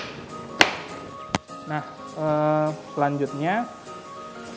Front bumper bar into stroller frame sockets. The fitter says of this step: udah duduk kita tinggal pasang kembali sampai berbunyi klik Nah